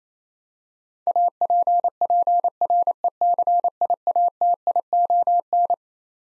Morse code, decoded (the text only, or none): APPRECIATION